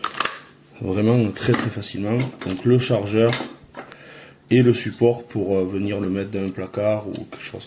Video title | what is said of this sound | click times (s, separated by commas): Test de l'aspirateur balai sans fil VC 4 cordless MyHome - Kärcher | deux fonctions du coup, et franchement ça se clipse vraiment très facilement. | 0.0 s